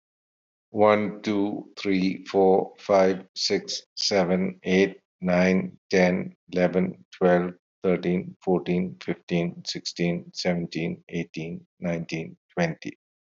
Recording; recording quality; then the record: counting at a normal pace; excellent, no background noise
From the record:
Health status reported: healthy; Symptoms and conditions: none ticked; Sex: male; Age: 56 years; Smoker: not ticked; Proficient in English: yes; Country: India